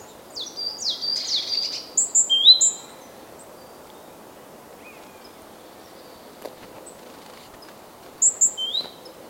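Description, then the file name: Great tit calls: high, thin notes and downward sweeps at the start, a long quiet gap with faint background noise, then another short burst of sharp high notes. "Parus major"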